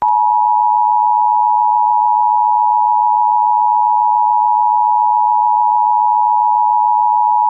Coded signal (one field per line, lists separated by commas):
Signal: Emergency Alert System (SAME) tones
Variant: 853 and 960 Hz attention tone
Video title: EAS Reenactment Mock: LWX issues SVR